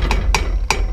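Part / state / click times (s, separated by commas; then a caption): cassette lockring on a bicycle freehub body / seated / 0.4 s, 0.7 s. A cassette lockring is tightened onto the freehub of a road bike with a lockring tool while fitting a Shimano 105 (5800 series) 40 tooth cassette, over a steady low rumble. A softer tick at 0.1 s is followed by two sharp metallic clicks at 0.4 s and 0.7 s. The lockring is seated and tight enough.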